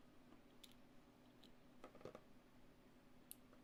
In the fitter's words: oh here i heard a click